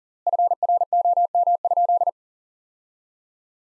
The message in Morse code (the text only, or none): FROM?